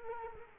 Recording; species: mosquito wingbeat signal from an infrared sensor; Culex quinquefasciatus